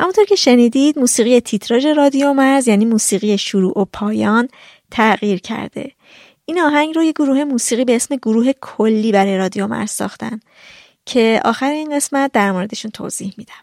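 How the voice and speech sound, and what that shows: A woman speaks Persian in a fluent, steady narrating voice at a moderate pitch, with a few short pauses between phrases. Her voice is clear and smooth, with no repetitions, blocks or strain, consistent with ordinary fluent speech.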